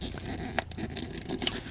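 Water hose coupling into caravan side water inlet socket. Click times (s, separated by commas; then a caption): 1.5 s. A fresh-water pipe coupling from an aquaroll is pushed and wiggled into the water inlet socket on the side of a 2010 Sterling Europa 550 caravan, with soft scraping and rattling and a sharp knock at 0.6 s. A crisp click at 1.5 s marks the coupling seating in the socket.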